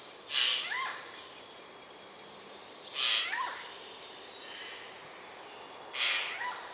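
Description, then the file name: Eurasian jay repeating hoarse, tearing screeches about every three seconds, three calls in all, each with a short downward rasp at the end. "Garrulus glandarius"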